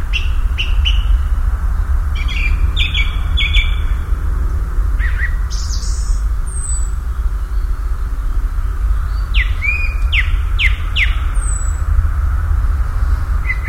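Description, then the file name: Common nightingale song with repeated clipped notes, pure high whistles and sweeping downward strokes in separate phrases, with continuous low droning noise underneath. "Nachtigall"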